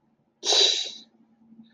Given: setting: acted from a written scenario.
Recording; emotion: vocal sound without words; adoration